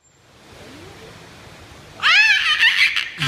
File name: zvuki belukhi